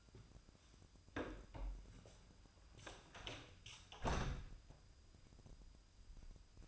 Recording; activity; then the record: daily activity, microphone in the room; close door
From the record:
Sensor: 2